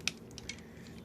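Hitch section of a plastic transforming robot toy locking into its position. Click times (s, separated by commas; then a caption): 0.1 s. The hitch and connected section of a plastic transforming robot toy are lifted until they lock into position, with a sharp plastic click at 0.1 s. Fainter clicks and taps follow at about 0.3, 0.4 and 0.5 s, then softer handling noise. The hitch section is seated.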